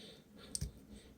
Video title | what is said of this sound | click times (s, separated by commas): Bossgunny reviews Transformers cyberverse power of the spark Cheetor | And this comes back to lock into place. | 0.6 s